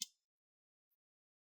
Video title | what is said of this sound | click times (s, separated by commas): How to Repaste and Clean Dell Inspiron 7380 for Better Performance Laptop | on top is straight push the corner make sure you those nice click sounds | 0.0 s